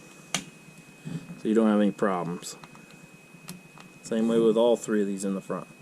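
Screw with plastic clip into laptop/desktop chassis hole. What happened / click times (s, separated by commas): The screw is being handled but has not seated yet / none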